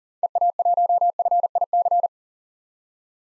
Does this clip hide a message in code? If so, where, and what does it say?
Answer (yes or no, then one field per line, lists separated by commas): yes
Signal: Morse code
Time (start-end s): 0.2-2.1 s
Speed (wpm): 40 wpm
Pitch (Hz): 700 Hz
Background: none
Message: EA1FIC